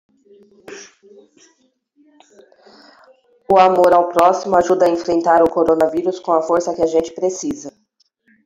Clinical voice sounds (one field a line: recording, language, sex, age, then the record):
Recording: spoken sentence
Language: Brazilian Portuguese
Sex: female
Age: 40 to 49 years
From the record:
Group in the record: control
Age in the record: 42 years